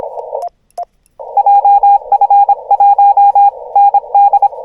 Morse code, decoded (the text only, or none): JF1 ND